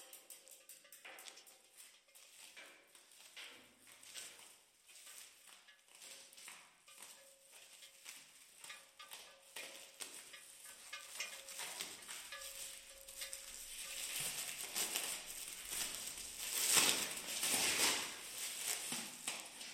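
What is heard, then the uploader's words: Someone unwraps a sculpture, with dense rustling and crinkling that grows louder and brighter toward the end, over a faint steady tone. Binaural recording. With a sculpture by Emmerich Weissenberger, commissioned by Martin Essl. Unwrapping of the sculpture.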